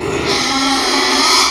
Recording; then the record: squeal of a Yucatan mini pig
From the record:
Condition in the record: after surgery on the right vocal fold (resection and tissue-engineered implant); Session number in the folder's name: 2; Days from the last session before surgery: 13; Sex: male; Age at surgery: 12 weeks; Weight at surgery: 13 kg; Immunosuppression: cyclosporine, prednisolone